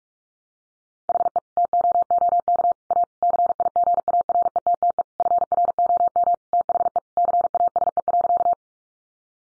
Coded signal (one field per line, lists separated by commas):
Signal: Morse code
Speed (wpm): 44 wpm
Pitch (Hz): 700 Hz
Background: none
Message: HE TOOK A CIGARETTE FROM THE CASE.